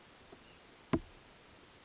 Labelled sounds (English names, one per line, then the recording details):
Oak Titmouse
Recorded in Sonoma County, California